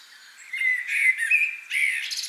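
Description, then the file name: Common blackbird delivering a brief mellow warble that breaks into a scratchy high twitter at the end. "Turdus merula"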